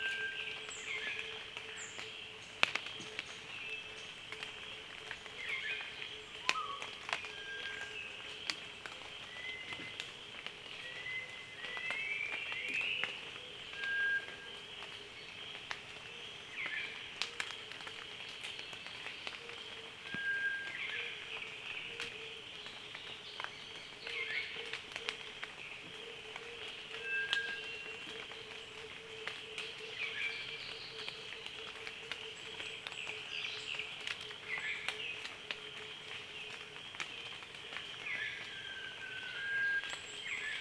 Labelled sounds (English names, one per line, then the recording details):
Rufous Flycatcher-thrush
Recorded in Kibale, Uganda